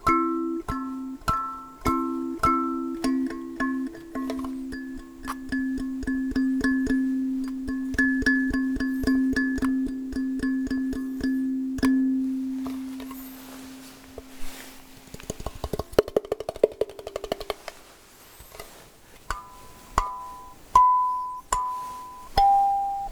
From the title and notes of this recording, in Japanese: カリンバの音色。